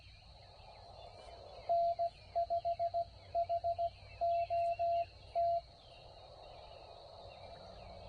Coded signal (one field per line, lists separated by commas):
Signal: Morse code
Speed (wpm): 17 wpm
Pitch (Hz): 680 Hz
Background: none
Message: N5HOT